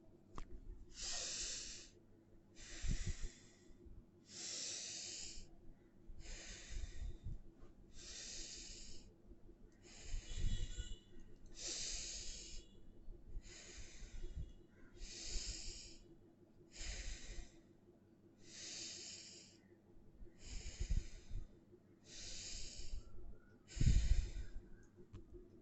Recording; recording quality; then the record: deep breathing; excellent, no background noise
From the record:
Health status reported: healthy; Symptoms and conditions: none ticked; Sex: female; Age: 33 years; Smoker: not ticked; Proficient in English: yes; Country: India